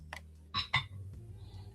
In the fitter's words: Okay. Actually does. Just pops right in.